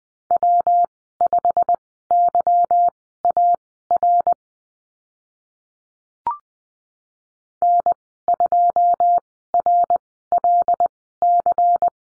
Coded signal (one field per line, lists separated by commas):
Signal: Morse code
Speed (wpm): 20 wpm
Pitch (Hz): 700 Hz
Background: none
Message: W5YAR N2RLC